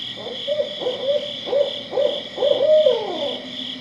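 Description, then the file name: Barred owl uttering a quick run of emphatic hoots that builds to a longer note trailing off downward, with a steady high hum behind. "Barred Owl Calling"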